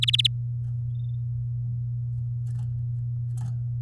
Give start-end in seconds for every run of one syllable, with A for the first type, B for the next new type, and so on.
0.02-0.27 A